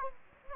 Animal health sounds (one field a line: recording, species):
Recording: mosquito wingbeat signal from an infrared sensor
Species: Anopheles gambiae